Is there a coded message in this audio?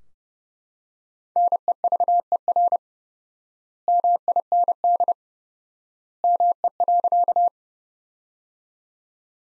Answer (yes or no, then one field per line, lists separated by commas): yes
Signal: Morse code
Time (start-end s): 1.4-7.5 s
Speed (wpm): 32 wpm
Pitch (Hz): 700 Hz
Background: none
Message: NEVER MIND ME.